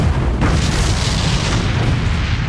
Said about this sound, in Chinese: 穆雨墨挥剑抵挡，那些蜘蛛也疯狂地扑向那些黑羽，紧接着一声又一声的爆炸接连响起，整个院内霎时间火光四起。